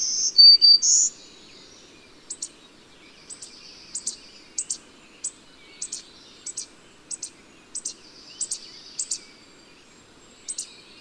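Bird song: a few loud, thin, high whistles at the start, then short paired high chips repeated at uneven intervals against a faint low hum.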